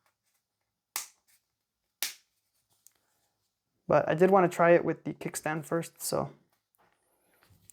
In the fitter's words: and basically it would snap into place right here